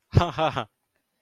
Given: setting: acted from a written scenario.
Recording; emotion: vocal sound without words; amusement